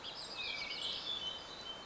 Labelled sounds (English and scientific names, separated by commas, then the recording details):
Hermit Thrush (Catharus guttatus)
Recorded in Sonoma County, California